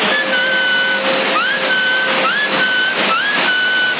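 A thin, steady whistling tone and a higher tone that swoops upward several times in a repeating pattern, heard over a CB radio channel in Sassari in September 2018, all through a constant, narrow-band radio hiss with no voices.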